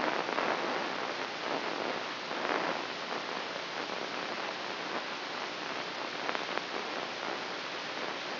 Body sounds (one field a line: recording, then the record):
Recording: brain microelectrode recording played as sound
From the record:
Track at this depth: inside the subthalamic nucleus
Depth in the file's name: 1.33 mm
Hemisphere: right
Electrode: 3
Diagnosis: Parkinson's disease